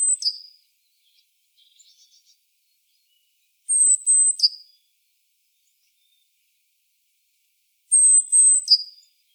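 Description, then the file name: Great tit calling: a very high, thin whistled note sliding down to a lower tone, repeated roughly every four seconds, with a few soft ticks between. "Parus major"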